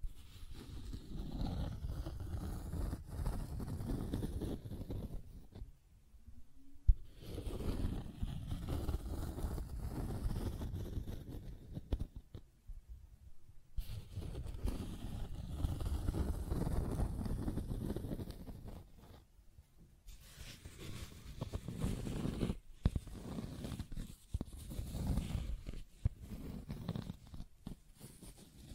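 Dry scratching and tracing sounds rub along in bursts of a few seconds, mostly low and dull with a rough, grainy texture. Brief silent gaps break the motion around 6, 12, 19 and 23 seconds before the strokes resume at a similar steady pace.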